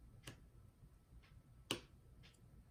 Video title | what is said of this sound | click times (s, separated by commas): Joy con drift fix | did it now you heard a loud click i don't know if you heard that your allow click and now it's reinstated | 1.7 s